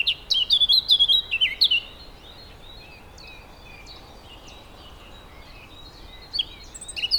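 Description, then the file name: Eurasian blackcap song: a loud, rich warbling burst at the start, faint song in between, and another phrase beginning at the end. "Sylvia atricapilla"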